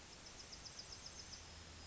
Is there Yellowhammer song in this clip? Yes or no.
yes